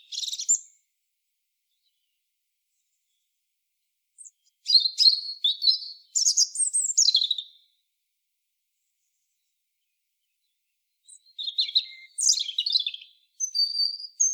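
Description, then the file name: European robin singing several twittering high phrases with sliding notes and pauses between them, against a quiet background. "Erithacus rubecula"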